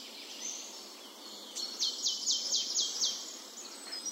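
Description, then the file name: Marsh tit calling with a brisk series of five or six clear, descending high notes over soft steady hiss and faint chirps. "Poecile palustris"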